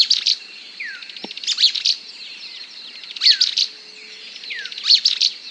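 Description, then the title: Mouse-colored tyrannulet with short chattering bursts and a falling slurred note, repeated roughly every couple of seconds against a constant high-pitched hum. Nominate subspecies Phaeomyias murina murina. "LuckyPassaro Completos2Sama. Mouse-colored Tyrannulet (Phaeomyias murina murina)"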